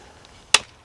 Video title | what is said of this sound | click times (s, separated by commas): Winter Garden Protection: A Pop-Up Greenhouse! | and another click | 0.5 s